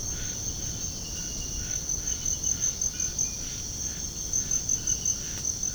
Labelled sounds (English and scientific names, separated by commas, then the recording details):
none
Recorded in pastures near Puerto Asís, Putumayo, Colombia, on 21 March 2025 at 04:00
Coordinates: 0.497, -76.327
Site G072